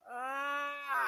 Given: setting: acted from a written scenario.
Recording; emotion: vocal sound without words; pain